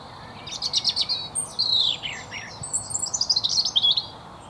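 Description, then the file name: European robin singing one long, fast phrase of high, tinkling, wiry notes that dip and rise, trilling near the end, over a soft background hiss. "Erithacus rubecula"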